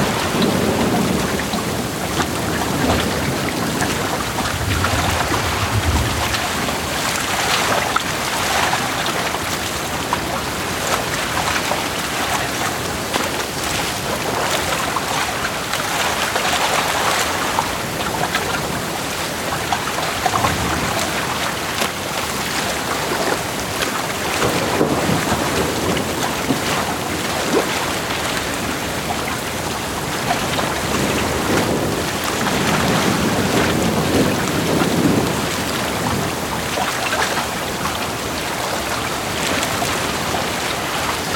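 Heavy rain pours down during a sailing trip on Lake Chiemsee, a dense, steady hiss that fills the whole 41 seconds. Brighter gusts swell every few seconds, especially around 15–17, 25 and 35 seconds, with low thumps and rumbles of wind beneath.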